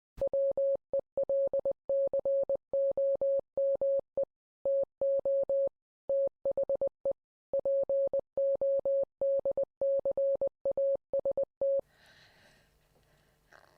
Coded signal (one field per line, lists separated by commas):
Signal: Morse code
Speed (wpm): 20 wpm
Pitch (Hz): 550 Hz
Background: none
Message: WELCOME TO THE PODCAST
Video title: WAAAF Wireless Telegraphist, Barbara Thelander